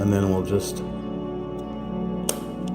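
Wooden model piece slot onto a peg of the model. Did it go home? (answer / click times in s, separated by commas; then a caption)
yes / 2.3 s. A slot in a wooden model puzzle piece is pushed onto a peg of the model while the back is held so it doesn't punch through. Someone talks briefly over background music, then a sharp click at 2.3 s seats the piece, and it feels secure.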